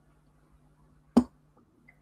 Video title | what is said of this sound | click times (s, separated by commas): Lamborghini Aventador LP 700-4 Part 4 | That's it. Did you hear that click? | 1.2 s